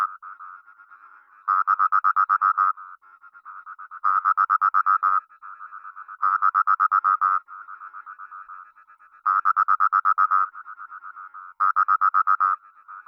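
Proceratophrys rotundipalpebra calling in a continuous series of pulsed notes, louder pulse bursts of about a second alternating with softer pulse trains between them.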